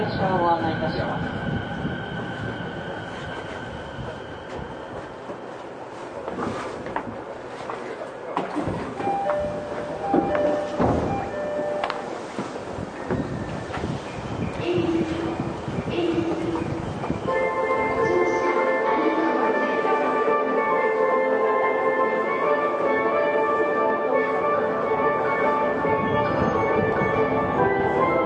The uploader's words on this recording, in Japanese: 東京臨海高速鉄道70-000形 新宿〜新木場。JR埼京線→りんかい線の区間で録音。